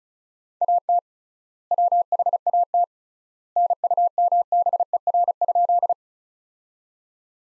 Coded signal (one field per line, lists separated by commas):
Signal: Morse code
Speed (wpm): 35 wpm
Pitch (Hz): 700 Hz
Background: none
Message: AT WHAT NUMBER?